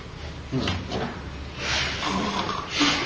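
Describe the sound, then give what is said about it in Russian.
A voice imitates a sleeping person's heavy breathing: a few loud, breathy, hissing inhales and exhales in a slow, uneven rhythm with a faint snorting rasp. “Живой, о, слава Богу, живой. Дышит.”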